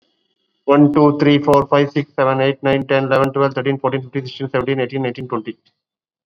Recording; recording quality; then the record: counting at a fast pace; excellent, no background noise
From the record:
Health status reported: COVID-19 positive, mild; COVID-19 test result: positive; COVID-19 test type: RT-PCR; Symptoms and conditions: cough, sore throat, fatigue, muscle pain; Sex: male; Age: 40 years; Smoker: no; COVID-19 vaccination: both doses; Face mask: worn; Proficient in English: yes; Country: India